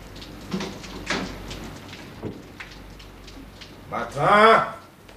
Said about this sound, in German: Es schlug gerade 7:15 Uhr, als ich die Tür zu meinem Büro aufmachte.